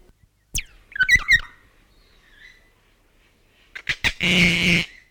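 North Island kaka calls: a quick run of liquid, warbling whistled notes, a pause, then a few sharp clicks and a long harsh rasping screech.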